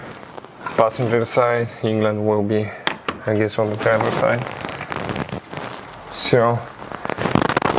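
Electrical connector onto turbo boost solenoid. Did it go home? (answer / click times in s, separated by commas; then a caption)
yes / 7.6 s. A wiring connector is pushed onto the turbo boost solenoid on the engine of a BMW (F10, F30, F32, F36, F01, E60, E90, F22, E87, F25, F26, X1, X2, X3, X4, X5) while someone talks. A burst of sharp clicks and rattles near the end includes the connector clicking into place at 7.6 s, seating it.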